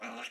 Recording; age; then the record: pig call; piglet (1 to 25 days)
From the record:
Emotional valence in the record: negative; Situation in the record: restrain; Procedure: in the arms of a person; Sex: female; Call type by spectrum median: low-frequency call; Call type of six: mixed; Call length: 0.30 s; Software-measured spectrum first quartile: 745 Hz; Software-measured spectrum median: 1605 Hz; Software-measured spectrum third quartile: 2706 Hz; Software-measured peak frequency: 727 Hz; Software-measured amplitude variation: 94 dB a second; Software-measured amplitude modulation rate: 18.1 a second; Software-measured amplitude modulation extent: 5.2 dB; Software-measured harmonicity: 0.5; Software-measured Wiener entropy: -0.83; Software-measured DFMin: 676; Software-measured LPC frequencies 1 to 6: 665, 1340, 2394, 2779, 3750, 5592 Hz